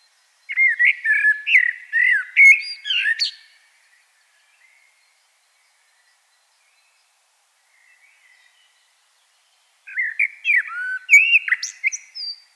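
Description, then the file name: Common blackbird song: a melodious whistled phrase with a squeaky ending, a long pause of about six seconds, then another similar phrase. "Turdus merula"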